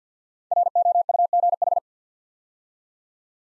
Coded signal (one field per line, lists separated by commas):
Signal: Morse code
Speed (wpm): 49 wpm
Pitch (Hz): 700 Hz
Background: none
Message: ROUGH